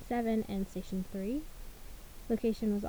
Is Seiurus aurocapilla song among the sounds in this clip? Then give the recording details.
no. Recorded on 1 June 2016 at 12:31. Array SBT-3-7